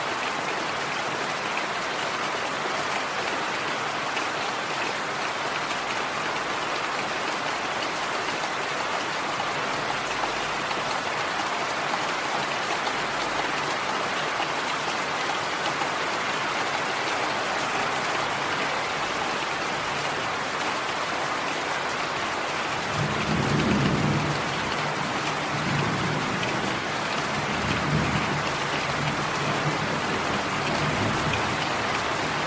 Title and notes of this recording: Heavy Rain Sounds. The gentle patter of heavy raindrops